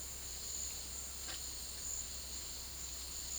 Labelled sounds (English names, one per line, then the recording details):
none
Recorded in secondary vegetation near Puerto Asís, Putumayo, Colombia, on 19 February 2024 at 11:30
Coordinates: 0.481, -76.323
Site G6376